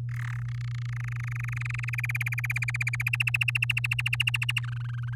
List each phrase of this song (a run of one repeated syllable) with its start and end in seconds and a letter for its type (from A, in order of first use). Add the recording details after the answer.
0.09-0.42 A, 0.45-1.90 B, 1.93-3.02 C, 3.06-4.60 D, 4.63-5.15 E. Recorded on 8 May 2018 at 05:36. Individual llb16